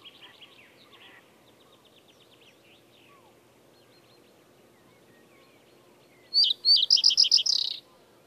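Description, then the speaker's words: Common Reed Bunting singing one brief verse of quick repeated high notes near the end. Simple verse heard in southern reedbeds or northern bogs; tells the observer a territory is still held. "Pajusirkun yksinkertainen säe sävyttää mukavasti etelän ruovikkomaisemaa tai pohjoisen rämettä ja antaa havainnoitsijalle tiedon pajusirkun vielä jäljellä olevasta reviiristä."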